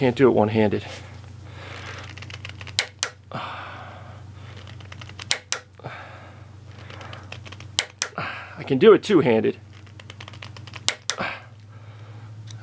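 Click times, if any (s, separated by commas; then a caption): 2.8 s, 3.0 s, 5.3 s, 5.5 s, 7.8 s, 8.0 s. A torque wrench set to 110 inch-pounds, fitted on an Allen key bit in a screwdriver handle, is turned with two hands while someone talks. It gives three sharp double clicks at 2.8 and 3.0 s, 5.3 and 5.5 s, and 7.8 and 8.0 s as it breaks over at its setting. This confirms the 110 inch-pound torque is reached two-handed.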